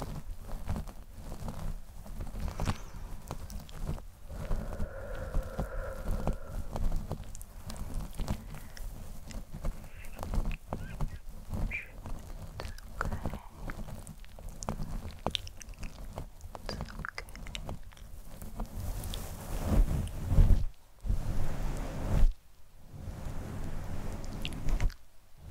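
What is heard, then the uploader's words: Soft fluffy microphone cover being touched, scratched and plucked, with dense, uneven rustling and muffled thumps throughout. A brief soft tone rises around five seconds, and the brushing grows louder near twenty seconds, broken by short silent gaps. ASMR SoftGentle Fluffy Mic Touching, Scratching, Plucking.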